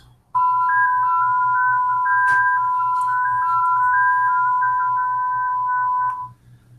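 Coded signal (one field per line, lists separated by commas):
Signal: multi-tone FSK (Olivia or MFSK type)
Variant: FSQ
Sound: steady tone with a second tone hopping slowly between a few nearby pitches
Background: low hum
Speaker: and but there you go that's uh that's six board whereas if the SK 31 not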